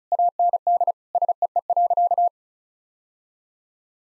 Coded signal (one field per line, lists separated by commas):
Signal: Morse code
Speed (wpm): 34 wpm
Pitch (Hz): 700 Hz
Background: none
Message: AND SEE.